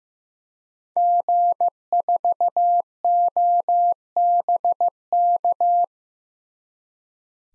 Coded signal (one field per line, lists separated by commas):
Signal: Morse code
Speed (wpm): 15 wpm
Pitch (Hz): 700 Hz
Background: none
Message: G4OBK